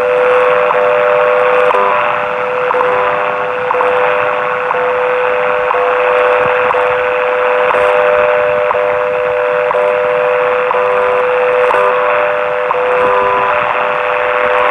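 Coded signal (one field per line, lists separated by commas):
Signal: radio time signal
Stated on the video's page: WWV and WWVH time signals on 10 MHz, received in San Francisco, California.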